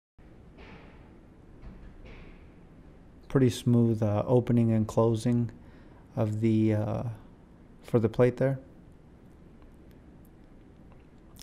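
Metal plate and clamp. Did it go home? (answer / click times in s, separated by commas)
yes / 11.4 s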